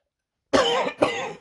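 After a half second of quiet, an adult man gives two quick coughs in a row. Each is a short, harsh, slightly throaty burst that trails off, the second a little weaker. It is a plain dry-sounding cough with no wheeze or rattle, from a cold caught from his kids, treated with medicine over the last 2 or 3 days.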